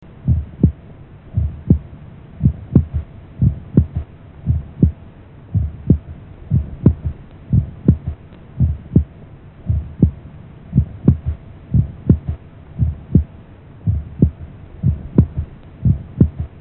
Physiological third heart sound.